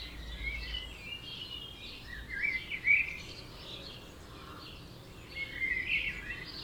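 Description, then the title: Soft dawn birdsong, a few high whistled chirps and twitters over a faint low rumble and hiss. Dawn chorus at 4am in Oberhofen, Inntal, Austria; binaural, for headphones. "Birds Oberhofen Inntal Austria - 4am - binaural version"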